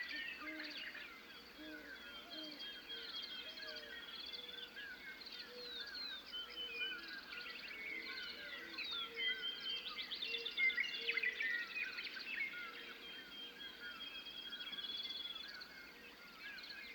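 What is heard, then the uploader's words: Spring prairie dawn chorus: many birds trill and whistle brightly throughout, while a dove's low soft cooing repeats steadily beneath them. Dawn on an American Prairie. The warm meadowlark song drifts in the air. Awake and listening to spring birds, a meadowlark, a dove, the northern Montana prairie evokes timeless wonder. Montana, USA.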